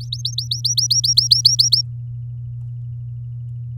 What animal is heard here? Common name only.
Domestic Canary